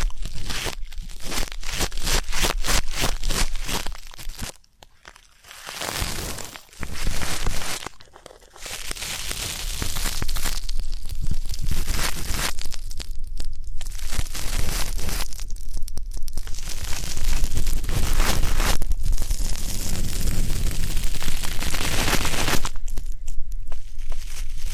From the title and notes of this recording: ASMR 3D Deep Ear Canal & Eardrum Cleaning (No Talking).